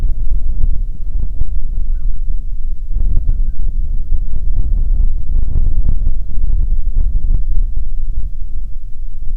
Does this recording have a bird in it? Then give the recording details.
yes. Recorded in the Prudhoe Bay oil fields, Alaska, on 15 May 2019 at 00:01. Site 19